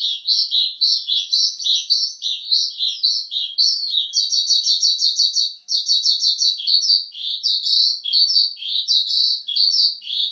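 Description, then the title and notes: Bird singing a continuous, high, fast warbling of trilled notes that rise and dip, barely pausing throughout, with nothing else heard. Bird song used to train pet birds. "Suara Kicauan Burung untuk memaster burung kesayangan"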